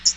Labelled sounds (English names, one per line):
Hooded Warbler flight call